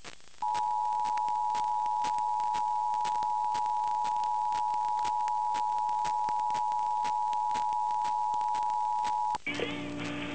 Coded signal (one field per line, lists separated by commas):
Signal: Emergency Alert System (SAME) tones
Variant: 853 and 960 Hz attention tone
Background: music